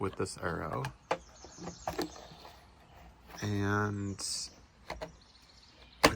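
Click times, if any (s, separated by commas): 6.0 s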